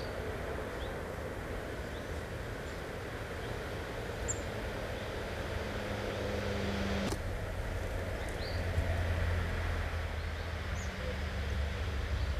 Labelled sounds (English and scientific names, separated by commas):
European Greenfinch (Chloris chloris) call